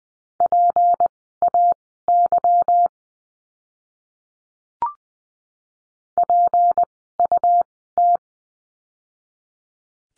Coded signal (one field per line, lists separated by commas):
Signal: Morse code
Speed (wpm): 20 wpm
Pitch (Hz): 700 Hz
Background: none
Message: PAY PUT